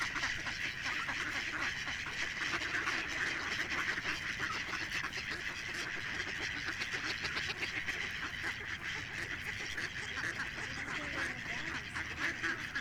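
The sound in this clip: Ducks chattering in a dense flock, nasal quacks blending into one steady, noisy wall of sound.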